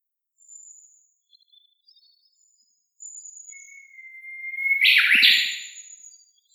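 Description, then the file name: Japanese bush warbler song: a few faint high notes, then a long steady whistle rising slightly into a loud, rough burst that fades away. Valley-crossing call (taniwatari) of the Japanese bush warbler, recorded 10 July 2015 at 07:23 in the morning. "Uguisu Taniwatari 20150710-072346"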